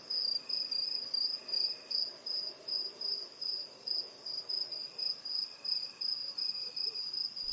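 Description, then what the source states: Crickets singing a loud, high, pulsing trill that beats steadily about two to three times a second, with a faint lower chirping behind it. Intense crickets at night in a rural area, USA.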